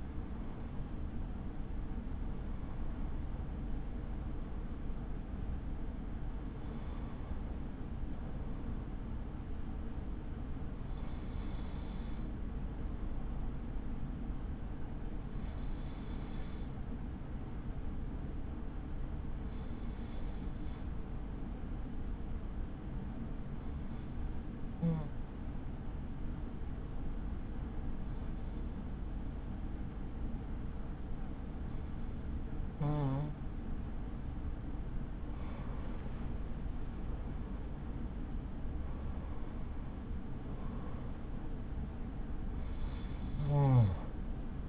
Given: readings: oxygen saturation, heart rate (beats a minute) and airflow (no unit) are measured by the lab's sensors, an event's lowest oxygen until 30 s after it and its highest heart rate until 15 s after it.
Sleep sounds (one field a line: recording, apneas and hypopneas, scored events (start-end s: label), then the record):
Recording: breathing in sleep by a smartphone at the bedside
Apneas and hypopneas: none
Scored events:
none scored
From the record:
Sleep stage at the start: N2 (light sleep)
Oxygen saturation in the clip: 94 to 96%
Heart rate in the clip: 43 to 66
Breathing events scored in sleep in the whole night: 83 in 6.1 hours asleep